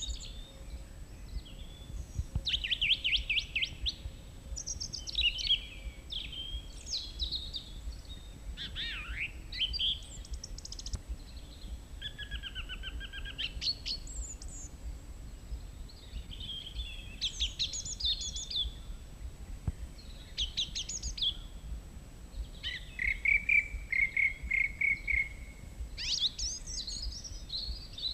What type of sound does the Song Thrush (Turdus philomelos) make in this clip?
song